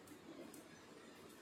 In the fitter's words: பாருங்க நமக்கு லாக் ஆயிடுச்சு